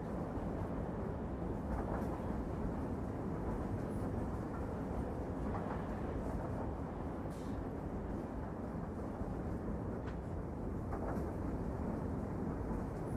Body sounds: background sound without coughing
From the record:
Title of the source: Train Ride Ambience ambient white noise for sleeping, focus, studying, reading

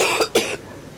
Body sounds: coughing mixed with background sound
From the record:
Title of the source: 61 morning phlegmy cough...again

